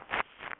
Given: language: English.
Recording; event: throat vibration sensor signal played as sound; swallow